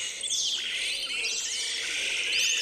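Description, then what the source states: Yellow-rumped Marshbird song, high slurred whistles sweeping up and down in overlapping runs. Played in a Spanish-language memory contest as one of 240 bird sounds, to be identified by scientific name; the contestant struggled to remember its name before recalling it.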